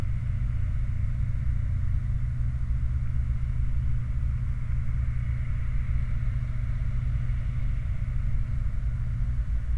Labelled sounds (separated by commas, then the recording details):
machinery, flare stack
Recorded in the Prudhoe Bay oil fields, Alaska, on 29 July 2019 at 00:06
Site 29